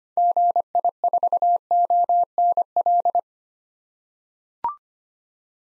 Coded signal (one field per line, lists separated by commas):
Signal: Morse code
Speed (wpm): 25 wpm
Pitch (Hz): 700 Hz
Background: none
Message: GI4ONL